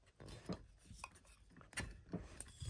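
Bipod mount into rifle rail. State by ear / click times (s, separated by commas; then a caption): not seated / none. A UTG Overbore bipod's quick-detach mount is pushed into the hole on the TRS rail of an FX Impact MK2 rifle. Several short knocks and light scraping sounds occur, with the sharpest around 1.0, 1.8 and 2.4 seconds. No definite click is heard, and the mount has not clicked or seated onto the rail yet.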